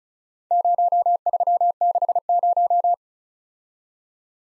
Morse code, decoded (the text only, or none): 0360